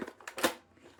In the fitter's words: There we go. And then that clicks back into position.